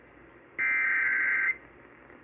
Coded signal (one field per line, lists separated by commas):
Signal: Emergency Alert System (SAME) tones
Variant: header bursts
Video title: Required Monthly EAS Test on WCCO Radio - June 5, 2024 10:46 PM